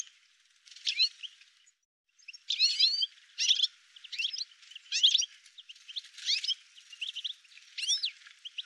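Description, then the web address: Bird song of rapid, high twittering phrases with quick chirps and trills, delivered in bursts separated by short pauses. "cianscape birddata"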